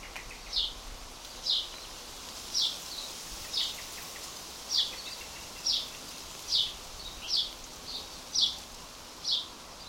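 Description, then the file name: House sparrow chirping: short, sharp, high chirps repeated about once a second in a steady series, over faint background hiss. "Passer domesticus"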